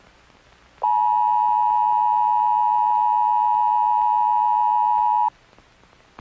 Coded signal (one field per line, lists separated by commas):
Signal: Emergency Alert System (SAME) tones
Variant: 853 and 960 Hz attention tone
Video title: They Are Not Real ~ EAS Scenario